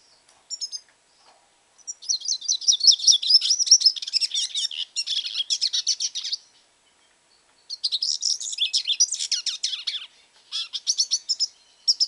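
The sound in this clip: Hooded siskin singing in bursts of rapid, high twittering and chattering notes, with brief silent gaps between phrases.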